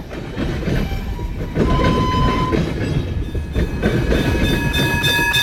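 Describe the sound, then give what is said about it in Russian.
A tram rushes along the rails with a loud, steady rumble and rattling clatter, while thin metallic squealing tones ring above it. No one speaks. “На рельсах лежат связанные 5 человек, и на них мчится трамвай.”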